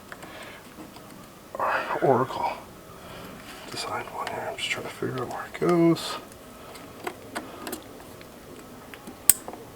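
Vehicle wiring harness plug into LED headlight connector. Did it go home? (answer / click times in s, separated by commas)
yes / 9.3 s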